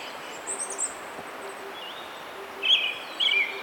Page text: Desmond Allen - Золотистый дрозд (Turdus chrysolaus)